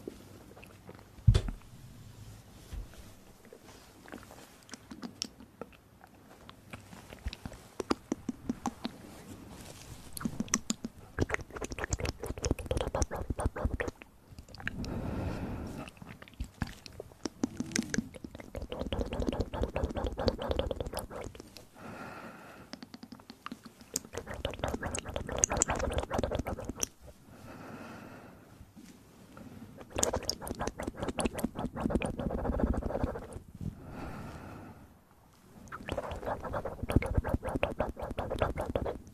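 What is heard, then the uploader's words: Close, wet mouth sounds with spitting, smacking and chewing-like clicks. Sparse, irregular clicks fill the first stretch, then denser wet bursts swell from about 14 seconds on, coming in uneven waves with brief pauses. Close Spit Mouth Sounds.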